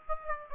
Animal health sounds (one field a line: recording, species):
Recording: mosquito wingbeat signal from an infrared sensor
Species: Aedes aegypti